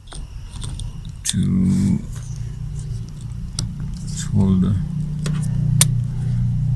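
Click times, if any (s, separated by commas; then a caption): 5.8 s. A plastic retaining clip is put back and pushed home into the mechanism of a jammed car sliding door while someone talks. A sharp, loud click is heard at 5.8 s as the clip seats into place.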